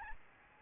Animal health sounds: mosquito wingbeat signal from an infrared sensor; Aedes albopictus

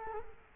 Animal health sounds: mosquito wingbeat signal from an infrared sensor; Culex quinquefasciatus

